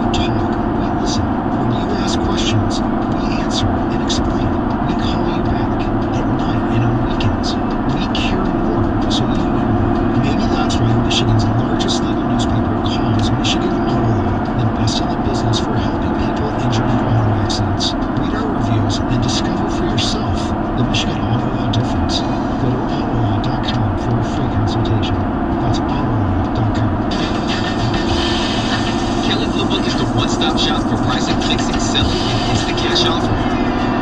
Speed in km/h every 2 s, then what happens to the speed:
116, 116, 116, 116, 116, 118, 118, 116, 116, 114, 114, 113, 114, 114, 116, 118, 119.
0-23 steady at about 116. 23-34 speeds up to 119.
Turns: none.